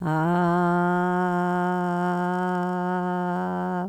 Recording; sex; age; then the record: sustained vowel /a/; female; 70 to 79 years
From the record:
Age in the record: 79 years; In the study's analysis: included